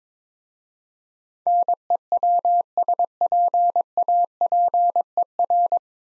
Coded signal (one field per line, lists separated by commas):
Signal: Morse code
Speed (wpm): 22 wpm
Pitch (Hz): 700 Hz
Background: none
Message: NEWSPAPER